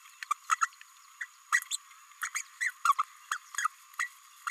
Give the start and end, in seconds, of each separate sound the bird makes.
0.30-0.33, 0.61-0.68, 1.20-1.27, 1.52-1.61, 1.71-1.77, 2.22-2.30, 2.35-2.43, 2.61-2.71, 2.85-2.93, 2.98-3.03, 3.31-3.38, 3.58-3.67, 3.98-4.09